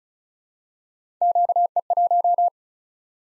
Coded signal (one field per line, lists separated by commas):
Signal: Morse code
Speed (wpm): 36 wpm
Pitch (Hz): 700 Hz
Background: none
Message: QE1